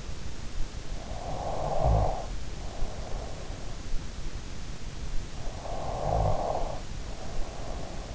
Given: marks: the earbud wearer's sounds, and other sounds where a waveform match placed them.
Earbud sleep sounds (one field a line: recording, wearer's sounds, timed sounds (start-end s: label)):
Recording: sounds in sleep by an in-ear microphone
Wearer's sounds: snoring breath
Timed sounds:
0.74-3.75 s: snoring breath
5.27-8.14 s: snoring breath